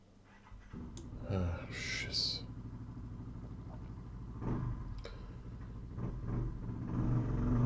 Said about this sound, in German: Danke, Motorradfahrer. Ja, das haben wir aber gut gehört jetzt.